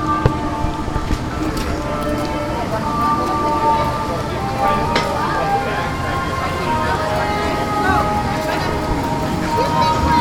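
Theme park sounds: a steady wash of crowd chatter over a low rumble, with sustained tones and brief clatters scattered throughout.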